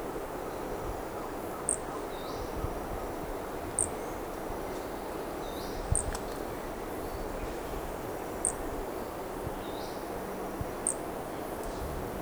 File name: MHNCI Brachycephalus sp ind 1 Corcovado two starting notes lost